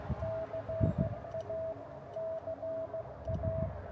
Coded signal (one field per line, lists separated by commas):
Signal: Morse code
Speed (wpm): 16 wpm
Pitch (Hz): 650 Hz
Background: none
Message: CA CA